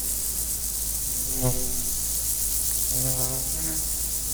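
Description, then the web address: Insects: a high continuous chorus, with a lower droning buzz, like a passing fly, swelling briefly twice. Insects recorded in nature at Várbóc. "allathangok termeszetben rovarok 2014 varbocotelhagyva"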